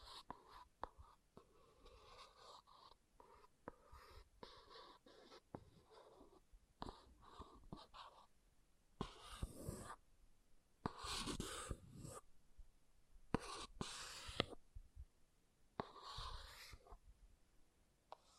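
An object scratches in short, uneven strokes, with louder bright rasping bursts around nine, eleven, fourteen and sixteen seconds between quieter scrapes.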